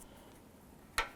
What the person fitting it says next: You feel that, and you hear it snap into place, you're all set.